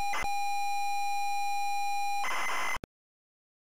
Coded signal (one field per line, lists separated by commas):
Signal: ZX Spectrum tape loading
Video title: ZX SPECTRUM Loading AirWolf Elite Systems Ltd. 1984